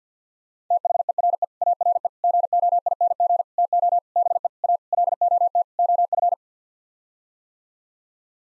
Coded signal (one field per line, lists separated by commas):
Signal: Morse code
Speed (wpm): 50 wpm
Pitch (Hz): 700 Hz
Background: none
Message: THERE ARE GOING TO BE A LOT OF